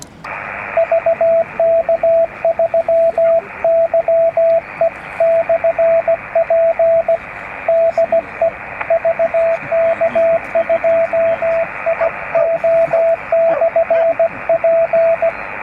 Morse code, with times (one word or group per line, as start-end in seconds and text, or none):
0.8-7.2 VK3YE/P
7.7-8.5 DE
8.9-15.3 VK2IO/P